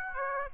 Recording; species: mosquito wingbeat signal from an infrared sensor; Aedes aegypti